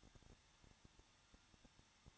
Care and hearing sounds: daily activity, microphone in the room; no activity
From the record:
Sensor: 3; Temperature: 21.2 degrees Celsius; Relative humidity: 36.4%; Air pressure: 1006.3 hPa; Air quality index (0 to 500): 223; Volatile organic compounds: 42 ppm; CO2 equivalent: 3184 ppm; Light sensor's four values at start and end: 2/3/2/2 and 2/3/2/2

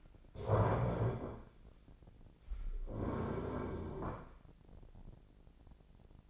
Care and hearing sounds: daily activity, microphone in the room; stand up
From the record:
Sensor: 5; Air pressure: 1009.3 hPa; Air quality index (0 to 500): 156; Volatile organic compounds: 2 ppm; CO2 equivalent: 1200 ppm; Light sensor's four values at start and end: 273/658/278/303 and 274/659/279/304

